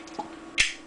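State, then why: Seated. A steel floor plate is slid back onto the bottom of a Tokarev pistol magazine body, with a faint tick at 0.2 s and then a sharp, bright click at 0.6 s as it snaps home. The floor plate is seated in place.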